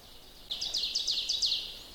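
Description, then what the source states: Ovenbird song: a short burst of several bright, repeated two-part phrases over a faint background hiss. Bird singing a little way inside mixed deciduous woods near a house; cool weather with the sun warming up; song rendered as 'teacher, teacher'; a kind of warbler, fairly common here.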